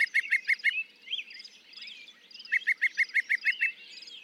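Northern mockingbird song, a quick run of sharp repeated chips, a pause filled with softer twitters, then another fast run of chips.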